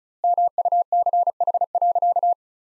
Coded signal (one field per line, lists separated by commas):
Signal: Morse code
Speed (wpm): 36 wpm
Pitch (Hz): 700 Hz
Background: none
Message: MUCH.